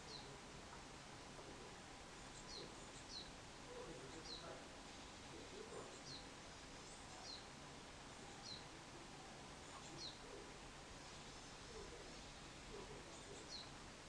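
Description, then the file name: Bird calling with brief high chirps spaced about every second or two, steady and thin, above a continuous low hum and background hiss. "wild bird"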